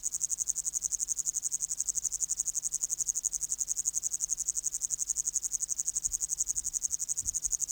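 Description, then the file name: Upland green bush-cricket song, an unbroken shrill pulsed buzz; a soft low knock sounds near the end. "Tettigonia cantans"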